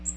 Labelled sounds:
Magnolia Warbler flight call

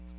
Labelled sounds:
Ovenbird flight call

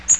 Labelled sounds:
Magnolia Warbler flight call

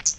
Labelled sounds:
Hooded Warbler flight call

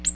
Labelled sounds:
Ovenbird flight call

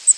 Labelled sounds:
Cape May Warbler flight call

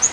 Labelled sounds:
Yellow-rumped Warbler flight call

